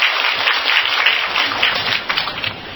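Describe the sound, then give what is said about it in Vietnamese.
An audience at a Buddhist teaching session claps steadily for a young female Buddhist's contribution, a dense, continuous patter of many hands that stays fairly even in loudness throughout, with no voices standing out. “Cảm ơn một sự đóng góp của một nữ Phật tử trẻ, xin vỗ tay cho cô một tràng pháo tay.”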